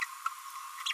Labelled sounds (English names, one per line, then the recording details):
Green-rumped Parrotlet babbling
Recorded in a nest box in Venezuela
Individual 18B25A5